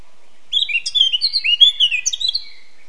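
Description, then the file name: Eurasian blackcap song, a brisk, bubbly run of high whistled and chattering notes lasting about two seconds against a quiet background. "Sylvia atricapilla"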